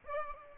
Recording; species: mosquito wingbeat signal from an infrared sensor; Aedes albopictus